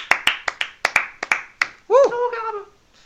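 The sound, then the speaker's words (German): A short burst of about ten sharp hand claps at a quick, slightly uneven pace, like brief applause from a small group, celebrating a one-year anniversary. The claps stop and a voice follows with a short vocal sound. “mal Applaus,”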